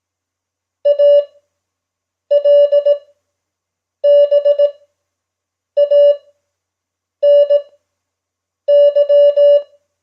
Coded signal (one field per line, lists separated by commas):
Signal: Morse code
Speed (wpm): 18 wpm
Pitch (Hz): 580 Hz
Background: none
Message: ALBANY